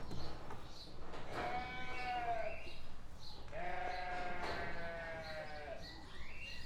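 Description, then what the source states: Sheep bleating, two drawn-out, wavering bleats over a steady low background rumble. Sheep in a pen.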